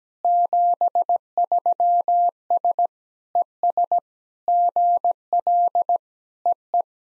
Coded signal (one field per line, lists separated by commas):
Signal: Morse code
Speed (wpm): 17 wpm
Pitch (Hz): 700 Hz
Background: none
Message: 73S ES GL EE